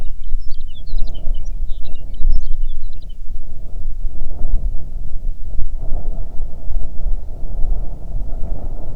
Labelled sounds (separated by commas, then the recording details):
songbird, wind
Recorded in the Prudhoe Bay oil fields, Alaska, on 6 June 2019 at 04:31
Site 16